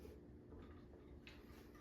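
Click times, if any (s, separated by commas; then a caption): none. The folding latch on an electric scooter's stem and handlebar is being handled as the scooter is unfolded toward its riding position. Low, steady background noise is broken by a brief, bright tick at about 1.3 seconds. Nothing has seated or locked into place yet.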